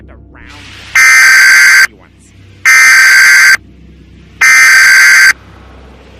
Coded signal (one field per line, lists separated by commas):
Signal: Emergency Alert System (SAME) tones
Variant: header bursts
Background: speech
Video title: EAS Mock - Nuclear Planes